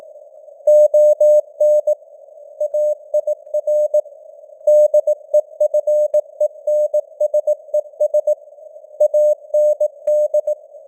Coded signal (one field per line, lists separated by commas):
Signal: Morse code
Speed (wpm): 18 wpm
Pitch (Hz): 600 Hz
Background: none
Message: ON AIR DEFENSES AND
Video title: Morse Code News | 2025-11-17 | 18wpm